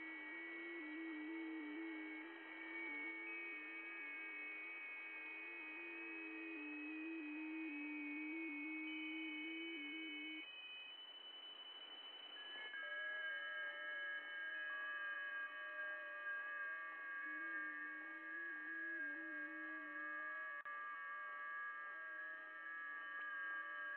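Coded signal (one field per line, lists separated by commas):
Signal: FT8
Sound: many overlapping steady warbling tones stepping in pitch, pausing briefly mid-clip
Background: radio static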